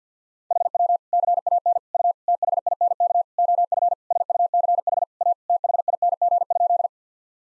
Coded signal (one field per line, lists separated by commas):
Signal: Morse code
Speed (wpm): 50 wpm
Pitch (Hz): 700 Hz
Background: none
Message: HW CAN U THINK OF SUCH A THING?